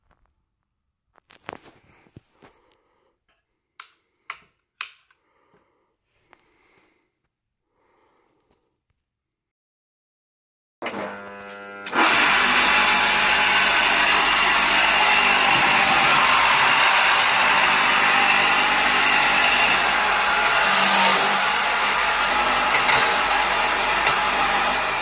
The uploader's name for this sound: USSR legacy potato grating machine